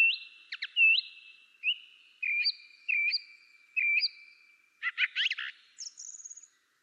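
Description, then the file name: Song thrush song: clear whistled phrases with a looping flourish, one repeated three or four times, then a burst of harsh, scratchy notes and a thin high trill. "drozd spiewak peter boesman. zanglijster"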